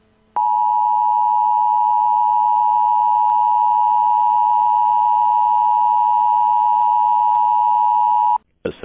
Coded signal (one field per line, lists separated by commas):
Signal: Emergency Alert System (SAME) tones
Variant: 853 and 960 Hz attention tone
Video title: EAS Scenario 3: Blood Cats II Part II